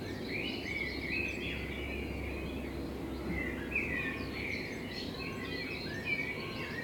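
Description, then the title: Common blackbird song, melodic warbled phrases over a steady background hum. Blackbird in front of the recordist's window; binaural recording made with a self-built dummy head, meant for headphone listening. "Kunstkopfaufnahme der Amsel vor meinem Fenster"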